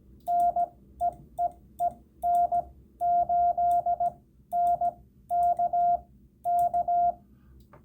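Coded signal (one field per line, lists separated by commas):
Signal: Morse code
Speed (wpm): 18 wpm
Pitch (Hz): 700 Hz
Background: radio noise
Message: NEEE N8NK K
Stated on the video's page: Rag-chew CW.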